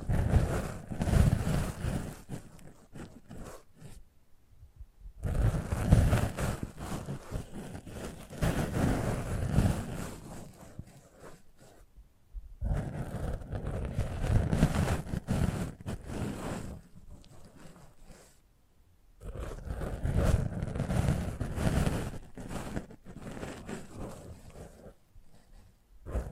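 Close-up microphone treatment: bursts of heavy, low rumbling and buffeting, like wind or handling on the mic, each lasting several seconds. They stop abruptly into near silence around 4, 12 and 19 seconds, then return with thinner hiss riding above the rumble.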